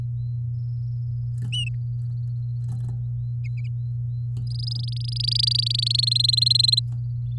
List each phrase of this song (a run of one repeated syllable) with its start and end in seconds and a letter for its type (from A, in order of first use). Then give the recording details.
4.47-6.01 A, 6.03-6.80 B. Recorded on 9 May 2018 at 09:01. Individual llb16